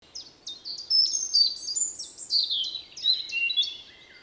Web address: SETE data Erithacus rubecula